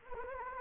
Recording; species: mosquito wingbeat signal from an infrared sensor; Anopheles gambiae